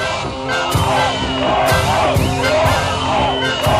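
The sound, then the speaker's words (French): A dense crowd of thousands of Berliners in Berlin murmurs and breathes heavily, overlapping voices forming a loud, steady hubbub with occasional whoops and shouts rising out of the din. “Écoutez cette rumeur qui nous devance, ce brouhaha, cette foule haletante.”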